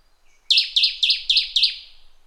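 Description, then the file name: Bird calling in a quick run of five high, downslurred chirps, each about a quarter second apart. "SABIOD 50 bird 2015"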